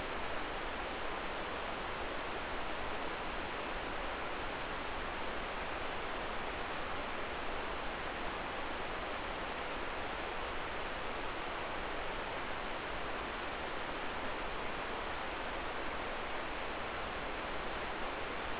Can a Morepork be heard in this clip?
no